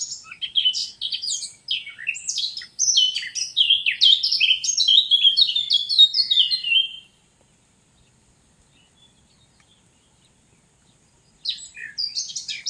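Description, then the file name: Eurasian blackcap delivering a long burst of fast, scratchy and fluty warbling, then silence, then the start of another warbled phrase. "Sylvia atricapilla"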